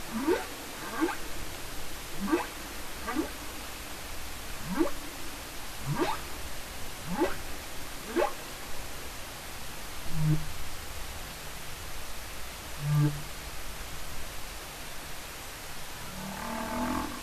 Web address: Humpback Whales Songs Sounds Vocalizations Humpback whale song